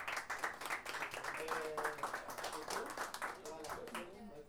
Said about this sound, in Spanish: Mira. Bigotito, aplauso para el bigote.